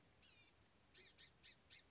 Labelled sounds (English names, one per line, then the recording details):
Blue-gray Gnatcatcher
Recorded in Sonoma County, California